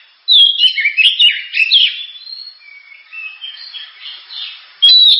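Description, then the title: Oriental magpie-robin song of bright, rapid whistled notes and twitters, fading to softer, thinner phrases before a loud burst returns at the end. Actively singing bird described as having a sharp, very loud voice, used as a lure track to encourage other birds to sing. "Kacer Gacor Suara Tajam. Kacer Gacor Suara Super Kenceng Cocok untuk Pancingan"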